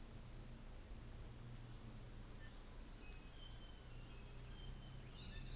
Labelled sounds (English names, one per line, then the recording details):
New Zealand Fantail
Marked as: faintness 1/5
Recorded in New Zealand on 24 December 2018
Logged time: 14:10